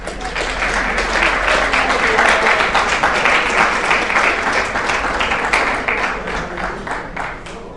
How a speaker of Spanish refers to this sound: Así que, bueno, lo recibimos con un aplauso.